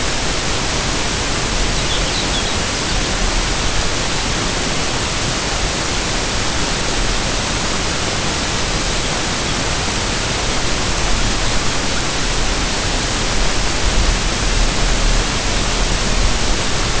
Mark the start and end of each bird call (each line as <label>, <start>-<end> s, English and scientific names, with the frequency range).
Lapland Longspur (Calcarius lapponicus) (3.0-5.4 kHz), 1.61-2.99 s